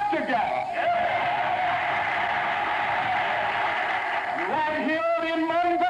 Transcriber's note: soundbite of audience applauding and cheering